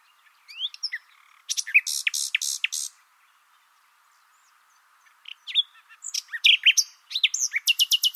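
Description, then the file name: Common Nightingale song of varied phrases: sweeping whistles and buzzy harsh notes, a short silence, then rapid chattering and a fast repeated trill. "Luscinia megarhynchos"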